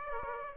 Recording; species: mosquito wingbeat signal from an infrared sensor; Aedes aegypti